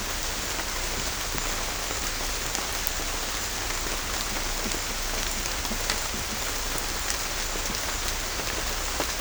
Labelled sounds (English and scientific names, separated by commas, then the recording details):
none
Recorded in secondary vegetation near Puerto Asís, Putumayo, Colombia, on 18 December 2024 at 16:00
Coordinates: 0.500, -76.326
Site G065